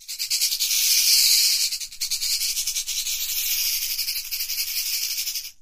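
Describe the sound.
Rattlesnake rattle: a continuous high, dry buzzing that pulses slightly in loudness, dips briefly near two seconds, then carries on steadily for several seconds before stopping abruptly.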